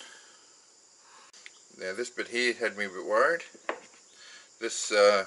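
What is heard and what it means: A small steel ball check valve assembly with its cage is handled before being pressed into a hydraulic lifter plunger during an RB25DET lifter rebuild. Someone talks over a steady background hiss, with one brief sharp tick near 1.5 seconds. Nothing has seated or clicked yet.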